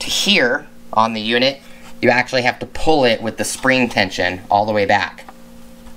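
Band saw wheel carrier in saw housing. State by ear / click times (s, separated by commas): not seated / none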